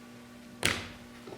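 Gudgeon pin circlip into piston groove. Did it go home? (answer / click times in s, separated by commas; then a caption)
yes / 0.6 s. During a 1964 TR4 engine rebuild, a metal circlip is pressed by hand into the groove in the piston boss to retain the gudgeon pin. After a steady low hum, a sharp bright metallic click lands at 0.7 s and rings out briefly, followed by a faint tap near 1.3 s. The circlip is seated in its groove, shown by its spinning freely.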